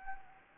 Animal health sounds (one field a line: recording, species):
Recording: mosquito wingbeat signal from an infrared sensor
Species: Anopheles gambiae